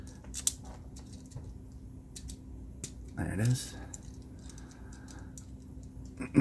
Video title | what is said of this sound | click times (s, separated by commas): Smokescreen, Prowl, Bluestreak [ IF-EX12 Armored Tactical Staff: Smokebomber, Captor, Silverflash ] | you'll hear it click again there | 0.5 s